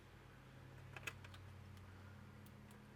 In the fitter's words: and it clicks right in there. Very satisfying little click to let you know it's in there.